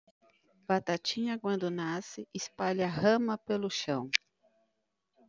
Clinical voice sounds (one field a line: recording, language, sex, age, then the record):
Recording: short text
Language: Brazilian Portuguese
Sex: female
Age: 40 to 49 years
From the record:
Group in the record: control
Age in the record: 44 years